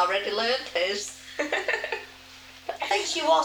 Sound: laughs

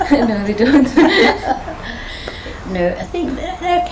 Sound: laughs

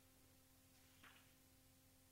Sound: pause 6 seconds; sound of pages being flicked

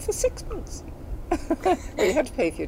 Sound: laughs

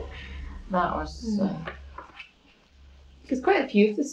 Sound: laughs

